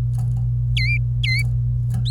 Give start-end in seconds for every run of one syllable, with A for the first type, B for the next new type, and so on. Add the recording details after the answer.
0.77-0.97 A, 1.23-1.42 A. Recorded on 26 April 2018 at 09:48. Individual llb3